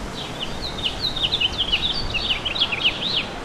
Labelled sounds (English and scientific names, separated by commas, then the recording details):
House Finch (Haemorhous mexicanus) song
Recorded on Long Island, New York, on 11 June 2012
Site OP
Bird A